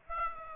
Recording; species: mosquito wingbeat signal from an infrared sensor; Aedes aegypti